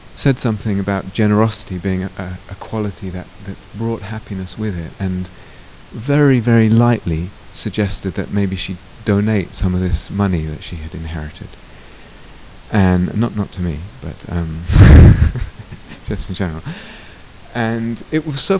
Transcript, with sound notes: said something about generosity being a quality that brought happiness with it, and very, very lightly suggested that maybe she donate some of this money that she had inherited. Not to me. [laughter] Just in general. It was so funny.